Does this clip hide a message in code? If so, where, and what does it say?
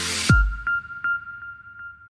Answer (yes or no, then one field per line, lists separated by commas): no